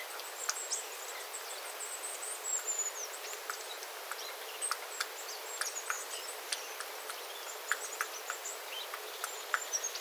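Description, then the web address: Small birds giving thin, high contact calls, short and scattered, over steady water drips ticking irregularly throughout. Small flock calling, 9 September 2025, with water dripping from the eaves after rain. "paivat 9 9 2025 pikkulintuparven aantelya vesi tippuu raystaalta sateen jalkeen"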